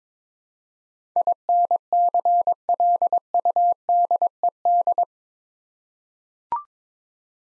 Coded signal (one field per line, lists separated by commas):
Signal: Morse code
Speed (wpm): 22 wpm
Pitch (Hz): 700 Hz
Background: none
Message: INCLUDED